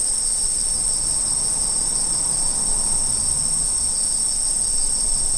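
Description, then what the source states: Insects droning in a steady shrill high ring over a stronger low rumbling background. Autumn insect sounds.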